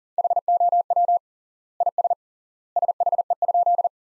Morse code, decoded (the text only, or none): HOW IS SHE?